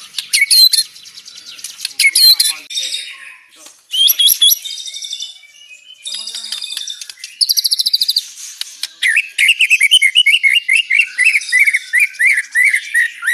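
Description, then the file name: White-rumped shama song, bursts of fast high chatter and buzzy trills, ending in a long run of rapidly repeated whistled chirps. Banjar white-rumped shama, rapid-fire close-spaced song style. "Suara tembakan speed rapat Murai batu banjar"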